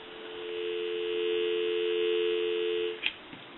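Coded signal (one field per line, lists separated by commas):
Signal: telephone call progress tone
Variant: North America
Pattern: dial tone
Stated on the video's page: Heard on a single-slot payphone during conversion and repair checkout.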